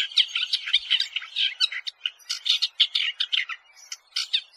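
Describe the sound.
Masked shrike song, a rapid scratchy warble of chattering notes with varied twittering phrases, continuous throughout.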